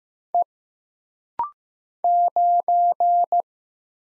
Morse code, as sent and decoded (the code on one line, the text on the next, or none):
. / ----.
E 9